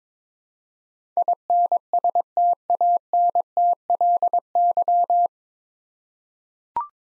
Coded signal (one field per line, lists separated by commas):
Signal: Morse code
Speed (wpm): 22 wpm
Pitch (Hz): 700 Hz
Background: none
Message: INSTANTLY